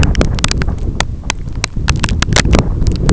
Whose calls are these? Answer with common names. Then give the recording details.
none. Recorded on Arctic tundra, site EABA-1, on 25 June 2018. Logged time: 06:00